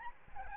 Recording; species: mosquito wingbeat signal from an infrared sensor; Aedes albopictus